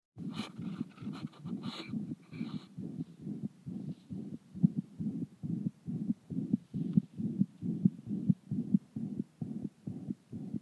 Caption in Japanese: 子牛（14日齢）の収縮期心雑音。 下痢で診療していた14日齢の子牛が心雑音を有していた。 左肋より。 おそらく、心房中隔欠損または心室中隔欠損なのであろうが、診断はなかなか難しい。下痢も治って元気なので、様子を見ることにした。